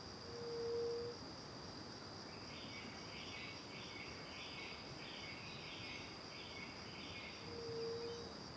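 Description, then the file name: Crickets trill in a continuous high tone while a run of quick chirps comes midway; brief low whistles come at the start and end. Recorded in the morning with back to the river near the Angelica cave; crickets first far away, then nearby; AB stereo recording. "De costas para o rio perto da caverna angelica de manha, varios passaros, grilos longe e depois perto, gravacao em ab"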